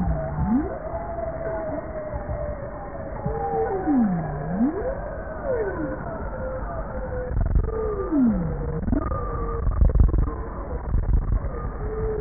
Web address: bowhead